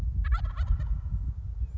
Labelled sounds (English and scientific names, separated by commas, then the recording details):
Wild Turkey (Meleagris gallopavo)
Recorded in Sonoma County, California